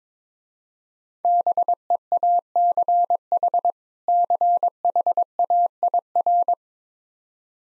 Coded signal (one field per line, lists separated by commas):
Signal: Morse code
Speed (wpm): 22 wpm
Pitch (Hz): 700 Hz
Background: none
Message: BEACH CHAIR